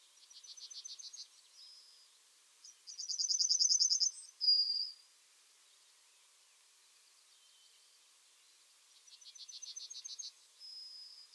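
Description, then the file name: Yellowhammer song: rapid series of high chipping notes followed by a long drawn-out final note, given three times, the middle phrase loudest. "Yellowhammer Emberiza citrinella"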